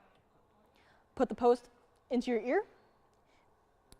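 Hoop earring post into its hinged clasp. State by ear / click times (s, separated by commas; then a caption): seated / 3.9 s. Someone talks while a hinged hoop earring's post, already put into her ear, is closed into its clasp. A short, sharp click sounds at 3.9 s as the post snaps into the hinged clasp, and the earring is seated and closed.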